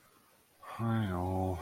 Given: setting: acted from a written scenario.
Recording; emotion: vocal sound without words; shame